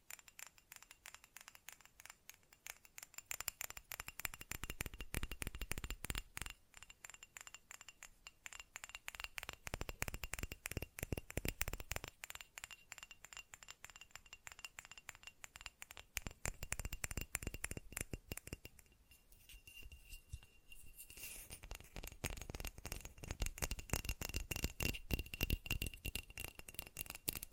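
Fast tapping runs through the whole clip as a dense, rapid stream of sharp clicks, speeding into tight bursts and easing into sparser stretches every few seconds. The taps have a bright, glassy clink, with a thin steady tone faintly underneath.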